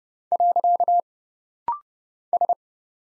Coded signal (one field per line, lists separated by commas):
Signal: Morse code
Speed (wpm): 30 wpm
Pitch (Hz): 700 Hz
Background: none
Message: . S